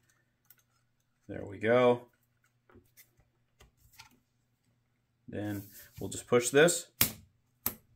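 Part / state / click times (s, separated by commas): lamp socket shell into socket base/cap / seated / 7.0 s, 7.7 s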